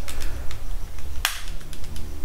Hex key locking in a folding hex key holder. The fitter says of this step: lock it and they'll lock into place so